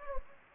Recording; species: mosquito wingbeat signal from an infrared sensor; Anopheles gambiae